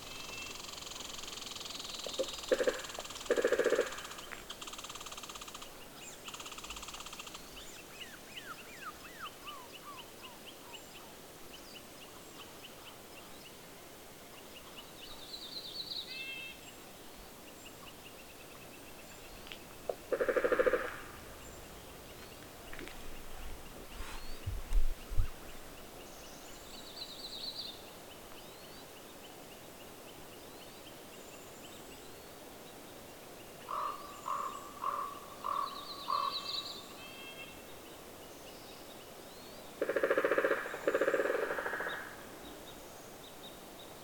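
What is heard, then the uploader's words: Pileated woodpeckers and other birds in a forest. Short bursts of rapid, regular knocking come every few seconds, around 2–4, 20, 34–37 and 40–42 seconds, between bright chirps and whistled calls over a steady low hiss. In the Forest with Pileated Woodpeckers. This is another post in which I share audio recorded in a forest near my home in Montana. A variety of birds including two pileated woodpeckers who hammered their rhythms back and forth across the forest in a strange call-and-response.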